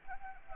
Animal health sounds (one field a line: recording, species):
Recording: mosquito wingbeat signal from an infrared sensor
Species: Anopheles arabiensis